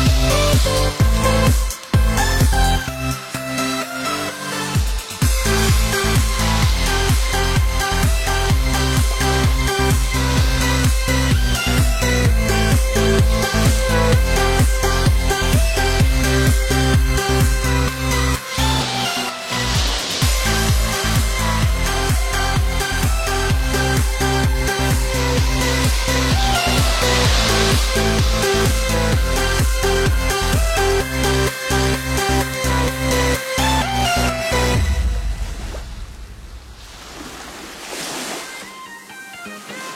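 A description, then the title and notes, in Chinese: Electronic dance music with ocean waves plays loud and dense, driven by a steady pulsing beat, heavy bass notes and bright synth chords. Brief dropouts punctuate the track near 2, 5 and 19 seconds. After about 35 seconds the bass falls away, leaving a softer rushing wash. 3D清爽电音配海浪。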